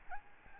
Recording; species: mosquito wingbeat signal from an infrared sensor; Aedes albopictus